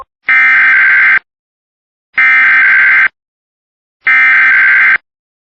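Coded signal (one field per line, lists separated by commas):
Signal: Emergency Alert System (SAME) tones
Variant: header bursts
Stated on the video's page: Mock Tsunami Warning alert, not a real broadcast.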